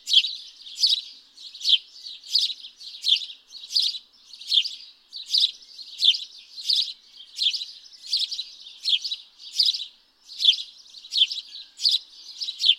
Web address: pub SETE data Passer domesticus